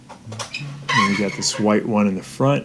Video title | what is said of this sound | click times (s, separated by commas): ✨ GE DISHWASHER KEEPS LOSING POWER - 3 Beeps - Easy FIX✨ | Push it all the way in to where it clicks. | 0.4 s, 0.5 s